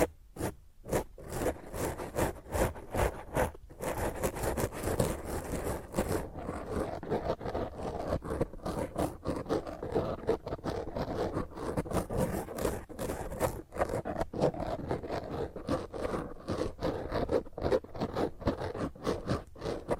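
Fingernails scratch roughly across a microphone in dense, rapid strokes, a continuous gritty rasp with sharp clicks, briefly sparser near the start.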